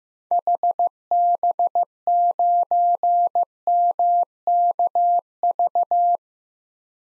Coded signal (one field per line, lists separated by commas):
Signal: Morse code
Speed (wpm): 15 wpm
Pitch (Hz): 700 Hz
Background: none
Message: HB9MKV